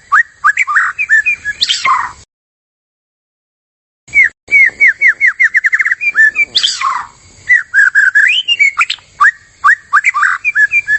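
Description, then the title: White-rumped shama singing mellow whistled notes, a pause of about two seconds, then quick repeated notes and sweeping rich phrases throughout. Energetic shama song used as a lure (pikat). "PANCINGAN MURAI BATU GACOR"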